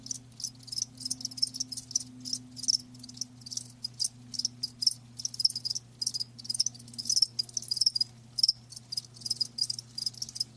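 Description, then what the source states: Crickets chirping in dense, overlapping high-pitched pulses, a steady shimmering chorus with brief gaps, over a faint low hum. Live crickets chirping, a lulling song.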